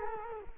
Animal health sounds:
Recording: mosquito wingbeat signal from an infrared sensor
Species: Culex quinquefasciatus

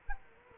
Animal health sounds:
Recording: mosquito wingbeat signal from an infrared sensor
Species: Culex quinquefasciatus

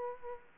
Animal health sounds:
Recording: mosquito wingbeat signal from an infrared sensor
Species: Aedes aegypti

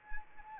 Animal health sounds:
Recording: mosquito wingbeat signal from an infrared sensor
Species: Anopheles arabiensis

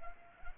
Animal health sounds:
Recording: mosquito wingbeat signal from an infrared sensor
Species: Culex pipiens

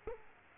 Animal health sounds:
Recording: mosquito wingbeat signal from an infrared sensor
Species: Culex quinquefasciatus

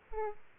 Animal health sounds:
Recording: mosquito wingbeat signal from an infrared sensor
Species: Aedes aegypti

